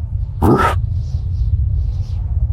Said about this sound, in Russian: А рядом с мужиком, нацелившись в Марека черным носом, стоял громадный кобель. Без суеты, без лишних движений, пес предупредил.